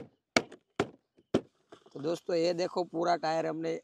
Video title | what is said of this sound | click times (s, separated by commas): 4❌4 monster jeep -remote control car -amazing light music and control -unboxing video -Thar unboxing | जैसे ही आप press करोगे पूरा lock हो जाएगा। | 0.4 s